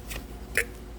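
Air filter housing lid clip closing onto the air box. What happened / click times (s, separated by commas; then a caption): The plastic housing clip snapped shut / 0.6 s. A plastic locking clip on the engine air filter housing lid of a 2005–2012 Toyota Avalon with the 2GR-FE 3.5L V6 is pressed shut onto the air box while the air intake is being reassembled. After a faint earlier rustle, a single sharp snap sounds at 0.6 s, and the clip is seated and locked.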